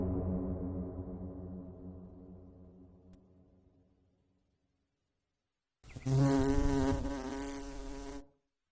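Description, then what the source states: Bee buzzing, a low hum that slowly fades to silence, then after a pause a louder, brighter buzz starts abruptly and cuts off a few seconds later. More than one bee, buzzing.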